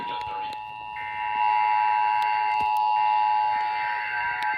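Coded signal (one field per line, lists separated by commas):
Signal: Emergency Alert System (SAME) tones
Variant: 853 and 960 Hz attention tone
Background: speech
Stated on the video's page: National Periodic Test received on several radio stations.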